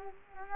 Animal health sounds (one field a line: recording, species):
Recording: mosquito wingbeat signal from an infrared sensor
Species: Culex quinquefasciatus